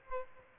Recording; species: mosquito wingbeat signal from an infrared sensor; Aedes aegypti